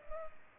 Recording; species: mosquito wingbeat signal from an infrared sensor; Culex pipiens